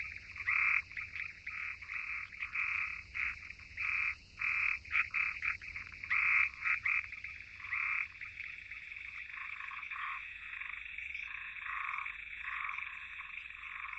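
Frogs call in a dense, continuous chorus of rapid, rasping croaks, pulsing in quick bursts during the first eight seconds before settling into a steadier, slightly softer trill. The calls sit in a bright, mid-high range, with a faint low rumble underneath.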